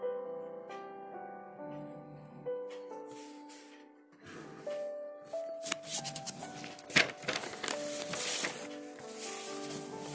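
Soft piano notes play steadily while, from about four seconds on, dense pencil scratching and rustling page sounds take over, with sharp scrapes near seven seconds.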